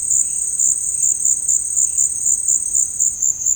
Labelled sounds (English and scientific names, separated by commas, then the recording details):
none
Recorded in secondary vegetation near Puerto Asís, Putumayo, Colombia, on 8 March 2025 at 16:30
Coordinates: 0.502, -76.326
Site G100